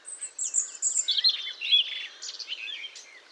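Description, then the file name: European robin song: a short run of thin high whistles and quick warbled notes, sliding and varied, over a faint background hiss. "Erithacus rubecula"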